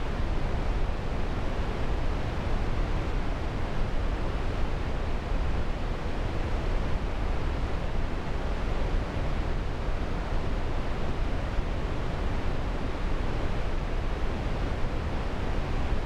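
A waterfall roars from a distance in a steady, unbroken wash of rushing water. The sound is dense and even, heaviest in the low rumble and softening toward the top, with no distinct splashes or changes across the whole stretch.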